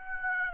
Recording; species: mosquito wingbeat signal from an infrared sensor; Aedes aegypti